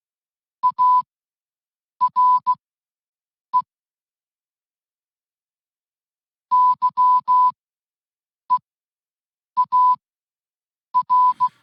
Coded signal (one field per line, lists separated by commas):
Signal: Morse code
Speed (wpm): 16 wpm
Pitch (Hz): 1000 Hz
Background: music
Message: ARE YEAR